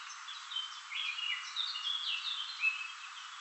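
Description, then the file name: Common chaffinch song: a steady flow of bright, dropping notes and chirps running through the whole short stretch. "Fringilla coelebs"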